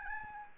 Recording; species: mosquito wingbeat signal from an infrared sensor; Aedes albopictus